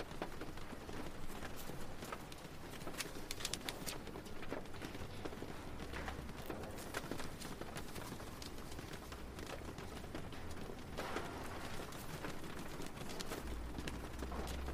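Rain patters steadily in a library, a dense hiss scattered with quick sharp drips and taps, over a soft low rumble throughout.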